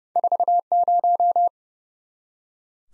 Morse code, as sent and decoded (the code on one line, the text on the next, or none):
....- -----
40